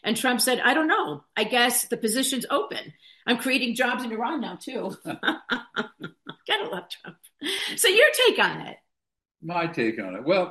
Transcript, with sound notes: And Trump said, "I don't know. I guess the position's open. I'm creating jobs in Iran now too."
(laughs)
Got to love Trump. So your take on it?
My take on it.